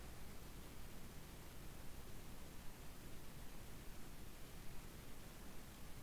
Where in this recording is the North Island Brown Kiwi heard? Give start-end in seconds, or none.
none